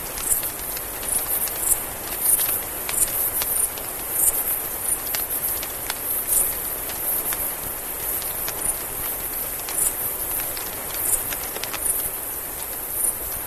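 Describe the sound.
Mexican free-tailed bat, rapid high chirps clustered and repeated throughout, mixed with frequent clicks and constant background hiss.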